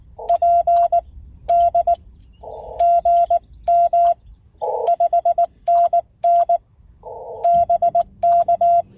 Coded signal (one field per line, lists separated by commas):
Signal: Morse code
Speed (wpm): 19 wpm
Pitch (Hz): 2750 Hz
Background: none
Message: PD GM 5NN BK